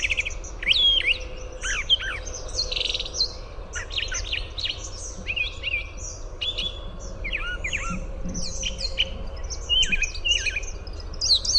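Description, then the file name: Brown thrasher song of bright, varied phrases delivered in quick succession, some notes sliding up or down, a faint hum underneath. "BRTH song"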